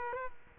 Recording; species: mosquito wingbeat signal from an infrared sensor; Culex quinquefasciatus